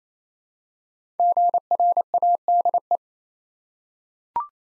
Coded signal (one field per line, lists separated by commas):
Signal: Morse code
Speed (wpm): 27 wpm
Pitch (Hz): 700 Hz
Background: none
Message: GRADE